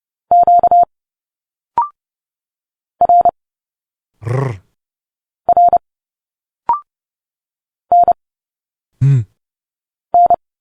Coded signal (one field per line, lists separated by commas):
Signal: Morse code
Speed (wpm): 30 wpm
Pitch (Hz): 700 Hz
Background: none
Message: Q R R N N